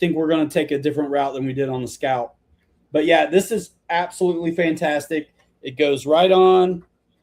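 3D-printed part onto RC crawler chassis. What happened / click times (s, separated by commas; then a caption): The part has not seated yet; no click is heard / none. A 3D-printed part is being handled on an RC crawler chassis while someone talks throughout the clip. The part is not yet pushed home, and nothing has seated or clicked yet.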